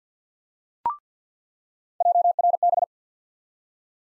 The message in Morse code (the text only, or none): JRB